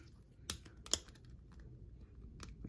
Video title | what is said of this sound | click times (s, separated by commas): Transformers Studio Series 93 Hot Rod The Last Knight Chefatron Review | and then the doors you're going to just lock into place like | 0.5 s, 0.9 s